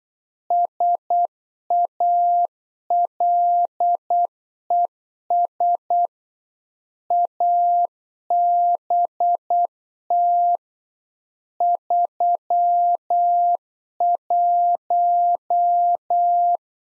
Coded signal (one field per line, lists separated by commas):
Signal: Morse code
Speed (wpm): 8 wpm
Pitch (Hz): 700 Hz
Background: none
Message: SALES ABT 31